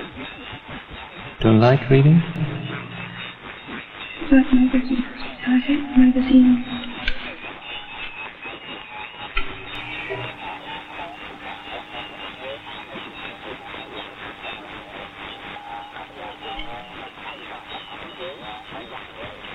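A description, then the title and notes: Shortwave radio static hisses steadily, with garbled voice-like fragments surfacing around two seconds and again from about four to seven seconds. After that the bursts fade, leaving a thin held tone and faint warbling whistles drifting under a rapid, fluttering crackle until the end. Lost voices in night static. A short relay of the strange, haunting and ghost-like night life of shortwave radio.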